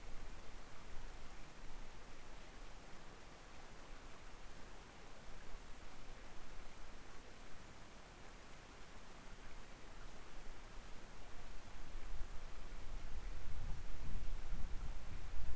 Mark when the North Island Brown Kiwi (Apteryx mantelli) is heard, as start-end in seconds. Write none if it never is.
none